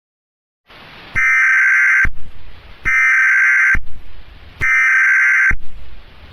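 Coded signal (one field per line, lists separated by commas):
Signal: Emergency Alert System (SAME) tones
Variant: header bursts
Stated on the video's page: EAS tones in a fictional train derailment scenario, stated to be fake but containing valid tones.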